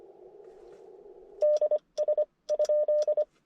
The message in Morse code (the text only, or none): D S ?